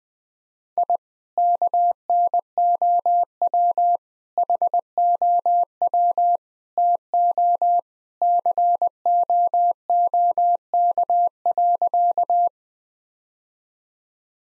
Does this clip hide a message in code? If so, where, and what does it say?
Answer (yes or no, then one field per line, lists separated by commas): yes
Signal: Morse code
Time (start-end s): 0.8-12.5 s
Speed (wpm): 21 wpm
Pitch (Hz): 700 Hz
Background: none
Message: I KNOW HOW TO COOK.